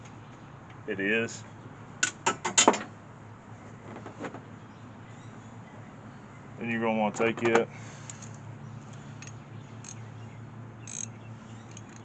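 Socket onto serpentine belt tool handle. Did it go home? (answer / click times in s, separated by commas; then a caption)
yes / 11.0 s. Someone talks while metal clinks around 2.0–2.7 s as a 15 mm socket is handled for a Gearwrench serpentine belt removal tool used to change the belt on a 2012 Ford Mustang. The socket is pushed onto the end of the tool's handle, and a small C-clip snaps it into place with a sharp click at 11.0 s, locking it in.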